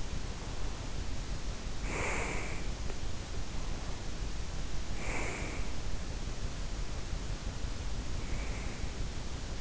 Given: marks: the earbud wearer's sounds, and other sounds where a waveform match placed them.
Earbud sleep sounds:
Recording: sounds in sleep by an in-ear microphone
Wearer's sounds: breath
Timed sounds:
0.12-2.63 s: breath
3.37-6.01 s: breath
8.22-9.61 s: breath

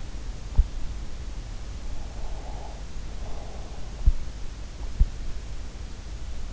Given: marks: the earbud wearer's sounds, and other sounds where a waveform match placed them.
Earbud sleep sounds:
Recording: sounds in sleep by an in-ear microphone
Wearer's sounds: breath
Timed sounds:
2.20-3.75 s: breath

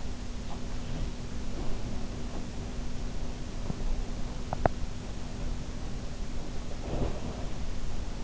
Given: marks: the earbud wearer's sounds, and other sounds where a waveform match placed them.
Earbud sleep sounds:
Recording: sounds in sleep by an in-ear microphone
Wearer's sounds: teeth grinding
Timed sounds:
4.24-4.98 s: teeth grinding
6.64-7.84 s: sound from someone else or the room

